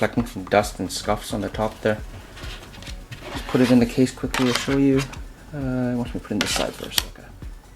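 A Kindle e-reader is handled and positioned to be pressed into the frame of its plastic protective folio case while someone talks. Brief handling knocks and rubs are heard around 2.8 s, 3.1 s and 7.4 s. Nothing has seated or clicked into the case yet.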